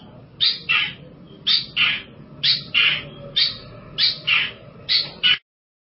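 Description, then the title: Long-tailed Shrike giving harsh paired calls, each a rasping double note, repeated about once a second, then stopping abruptly. "Audio Cendet Pentet"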